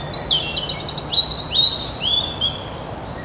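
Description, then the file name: European robin song: a thin descending whistle, then a few short upslurred notes, each running into a sustained high whistle, over quiet hiss. "Erithacus rubecula"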